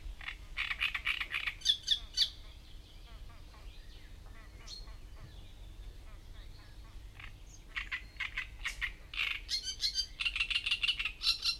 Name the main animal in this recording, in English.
Great Reed Warbler